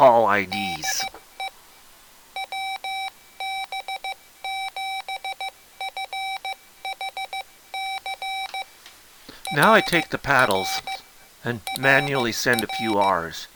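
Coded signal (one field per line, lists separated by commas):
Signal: Morse code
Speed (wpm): 15 wpm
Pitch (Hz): 2300 Hz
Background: speech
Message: LE WB7FHC RR RR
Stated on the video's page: Morse sent by a Mr. Rags Macro Keyer kit using pre-programmed hard macros of standard CW QSO lines, in QSO mode.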